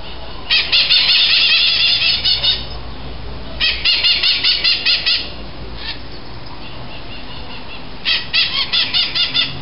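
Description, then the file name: Bird calls, rapid harsh chattering notes in three bouts, separated by quieter pauses, with a steady low hum beneath. "SABIOD 50 bird 2015"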